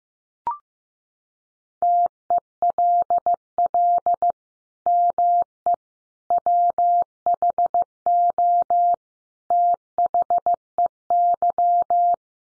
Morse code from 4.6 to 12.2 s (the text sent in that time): ME WHO THEY